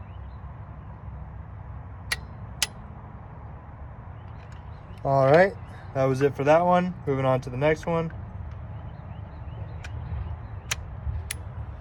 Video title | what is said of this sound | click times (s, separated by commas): Tune-up on 2015 Nissan Juke SL (Spark Plug and Ignition Coil Replacement) | And I'm just going to go until I hear the very first click here. | 2.1 s, 2.6 s